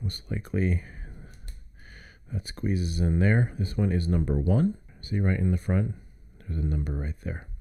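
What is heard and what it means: Someone talks while handling a numbered plastic floating landing-gear leg for a DJI Mini 3 Pro drone, lining it up with the matching numbered spot on the small drone's arm. Nothing has seated or clicked yet; the clip ends just before the leg snaps into place.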